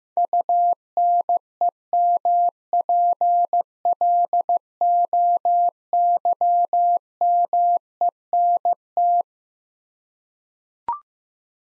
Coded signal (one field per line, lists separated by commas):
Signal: Morse code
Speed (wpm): 15 wpm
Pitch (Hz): 700 Hz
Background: none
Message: UNEMPLOYMENT